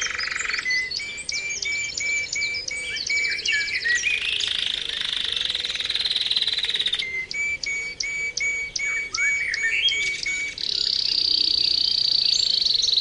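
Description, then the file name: Canary song in fast rolling tours of repeated notes, switching between trilled phrases and ending in a long, steady buzzy trill. Canary 'terapi' (therapy) song recording used for training birds. "kenari terapi omkicau"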